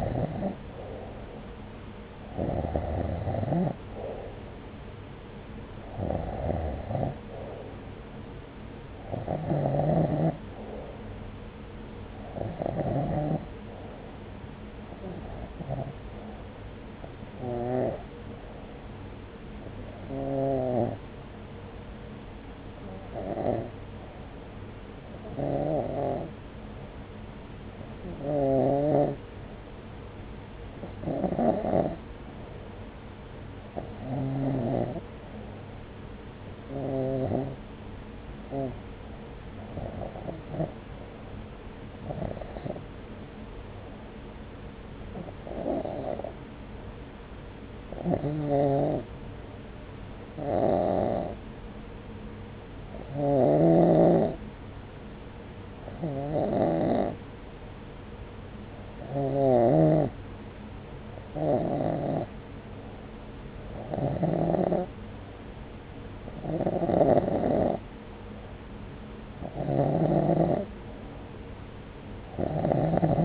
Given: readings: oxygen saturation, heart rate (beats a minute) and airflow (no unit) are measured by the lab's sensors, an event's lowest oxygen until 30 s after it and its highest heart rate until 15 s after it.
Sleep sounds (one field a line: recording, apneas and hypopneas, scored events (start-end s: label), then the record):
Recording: breathing in sleep by a voice recorder at the bedside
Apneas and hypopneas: 1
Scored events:
23.00-64.60 s: hypopnea (REM, oxygen 95% highest, then 90% lowest, heart rate 69 at the start, 69 highest)
From the record:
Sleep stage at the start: REM sleep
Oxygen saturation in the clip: 90 to 95%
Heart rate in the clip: 66 to 70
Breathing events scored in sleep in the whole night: 303 in 8.1 hours asleep